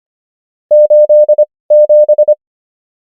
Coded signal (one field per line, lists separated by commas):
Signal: Morse code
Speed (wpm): 25 wpm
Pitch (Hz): 600 Hz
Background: none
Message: 87